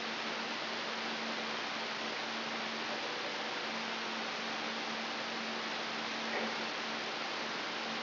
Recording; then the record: brain microelectrode recording played as sound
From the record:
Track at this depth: outside the subthalamic nucleus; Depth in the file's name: 7.926 mm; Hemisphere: right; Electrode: 3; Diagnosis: Parkinson's disease